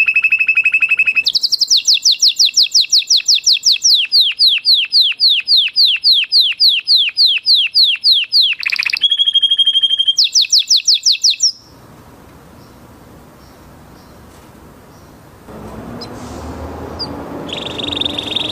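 A canary sings in a long, fast run of bright, evenly spaced rising notes, a rapid trill that rolls on for about nine seconds before breaking into higher whistles and buzzy chirps. After twelve seconds it falls almost silent, leaving faint hiss and a few peeps, with a low hum creeping in near the end.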